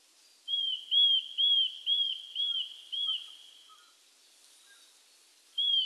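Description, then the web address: Eurasian nuthatch uttering a run of six arched whistles about twice a second, a quiet gap, then another whistle starting at the end; faint soft chirps below. Recorded on 12 April 1998. "1998 980412 gojyuukara"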